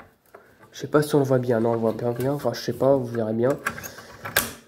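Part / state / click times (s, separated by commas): metal halide bulb into floodlight spring-clip holder / seated / 4.3 s, 4.4 s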